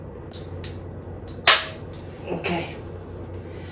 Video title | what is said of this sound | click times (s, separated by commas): KUGOO S1 PRO EScooter Unboxing and Ride | you just got to force it you just got to push it until it snaps in so | 1.5 s